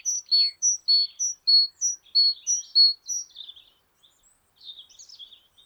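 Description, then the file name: Great tit repeating clear two-note phrases, high then lower, several times in steady rhythm, trailing into quieter scratchy notes. "Parus major"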